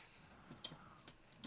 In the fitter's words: all right there's a click